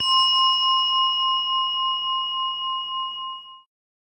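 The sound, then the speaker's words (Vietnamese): A single meditation bell is struck once to begin a one-minute sitting meditation at a summer retreat, ringing with a bright, steady tone and shimmering overtones that sustain evenly for several seconds before cutting off abruptly. No voices are heard. “Bây giờ các bạn, chúng ta sẽ ngồi nghe một tiếng chuông, mình ngồi một phút thôi, xem thử cái đàn sâu của mình nó đang chạy ở đâu ha.”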